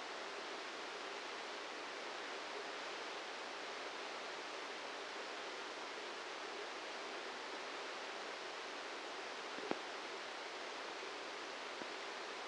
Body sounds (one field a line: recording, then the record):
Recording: brain microelectrode recording played as sound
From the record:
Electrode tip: outside the subthalamic nucleus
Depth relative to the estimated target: -1 mm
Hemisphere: left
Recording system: NeuroSet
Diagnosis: Parkinson's disease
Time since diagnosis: 8 years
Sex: male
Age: 58 years